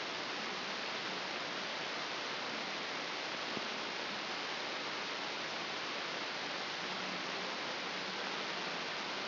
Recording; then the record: brain microelectrode recording played as sound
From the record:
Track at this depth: inside the subthalamic nucleus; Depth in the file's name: 4.717 mm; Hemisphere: left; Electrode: 2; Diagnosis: Parkinson's disease